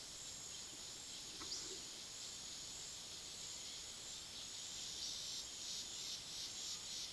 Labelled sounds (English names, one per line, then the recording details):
none
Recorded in pastures near Puerto Asís, Putumayo, Colombia, on 19 February 2024 at 17:30
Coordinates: 0.497, -76.327
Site G7276